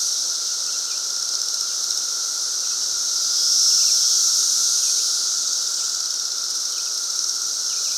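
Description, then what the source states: Periodical cicadas: an unbroken, high whining drone from many insects, briefly louder partway through, with faint short rising notes repeated every couple of seconds. Several cicadas recorded at Fox Ridge Bluff at 3:52 PM on Memorial Day 2024, during the 2024 periodical cicada emergence.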